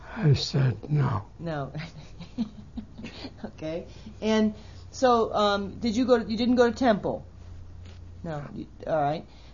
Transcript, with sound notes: I said no. ( she laughs )
Okay. And, so, did you go, you didn't go to temple. All right.